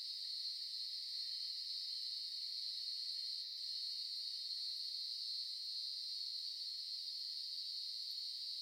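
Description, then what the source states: Steady cicada chorus, a shrill continuous drone that barely varies, with one short dip in the middle. Recorded in Melbourne.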